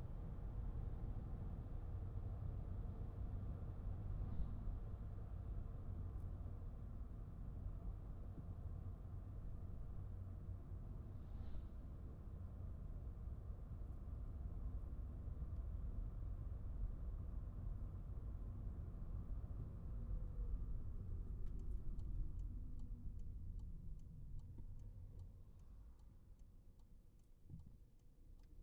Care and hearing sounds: everyday scene through a hearing-aid microphone; in a vehicle; engine, highway driving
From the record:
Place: Skoda Fabia, gasoline engine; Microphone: behind the ear, right, front

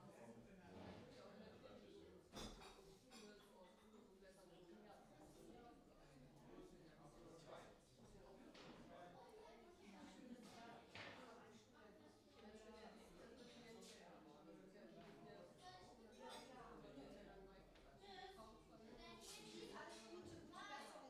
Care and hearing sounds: everyday scene through a hearing-aid microphone; many people talking; many voices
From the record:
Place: parish hall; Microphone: in the ear canal, left

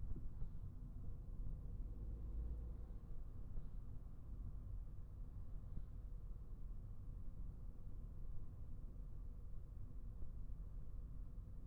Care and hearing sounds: everyday scene through a hearing-aid microphone; in a vehicle; engine, traffic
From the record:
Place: Skoda Fabia, gasoline engine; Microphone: behind the ear, right, rear

